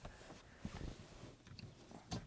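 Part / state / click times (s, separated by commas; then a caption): action camera adapter ears into plastic bar mount / not seated / none. An action camera adapter is being handled at a plastic mount on a support bar in a Porsche Cayman (981), with its ears lined up to be pushed in. Soft handling rustle runs throughout, with brief knocks near 1.6 and 2.1 seconds. The adapter has not gone home and nothing has clicked or seated yet.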